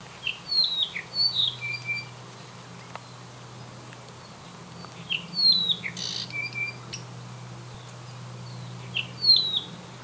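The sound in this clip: Apapane calls, short high whistled notes and quick downslurred chips given in small bursts with pauses, over a steady low hum.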